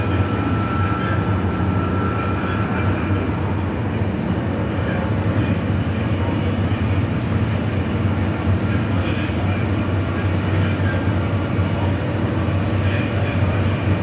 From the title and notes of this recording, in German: Abendliche Zugfahrt, ratternde Gleise | Train ride, rattling tracks. Entspanne mit dem beruhigenden Rattern einer abendlichen Zugfahrt, kaum Menschen und viel Stille im Abteil.